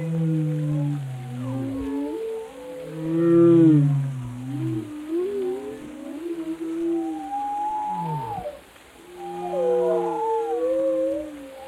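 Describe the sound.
Whale sounds: deep droning moans, a loud harmonic swoop, and many wavering, arching tonal whistles, with a brief lull before further calls.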